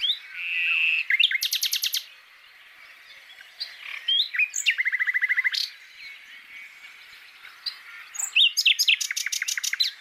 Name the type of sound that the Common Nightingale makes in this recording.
song